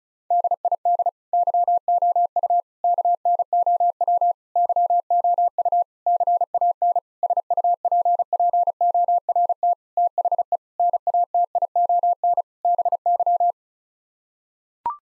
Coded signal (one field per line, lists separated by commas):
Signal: Morse code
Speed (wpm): 34 wpm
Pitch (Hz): 700 Hz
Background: none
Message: DID YOU KNOW YOU CAN SUPPORT THE NATION BY